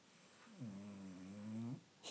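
A single drawn-out snore lasting a little over a second, with a low, steady buzzing tone on the breath, from Trinnie, a sleeping pet cat. The snore sounds like an old man snoring. It is heard over faint background hiss, with a brief rustle at the end.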